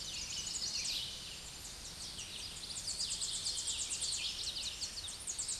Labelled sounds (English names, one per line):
Tennessee Warbler song